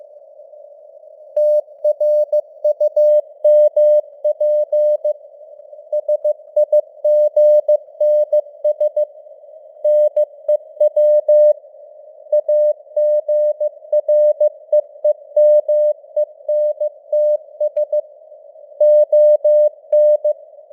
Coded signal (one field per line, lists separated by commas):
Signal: Morse code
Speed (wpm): 15 wpm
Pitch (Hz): 600 Hz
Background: none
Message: TRUMP SIGNS NEW AGREEMENTS ON